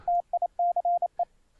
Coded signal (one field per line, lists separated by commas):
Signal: Morse code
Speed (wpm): 28 wpm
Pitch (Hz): 700 Hz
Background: radio noise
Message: TICE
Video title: Morse Code Software - overview of some great CW apps - 2014